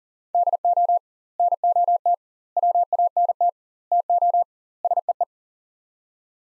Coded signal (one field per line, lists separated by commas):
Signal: Morse code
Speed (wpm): 40 wpm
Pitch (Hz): 700 Hz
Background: none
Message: DO NOT WANT TO SEE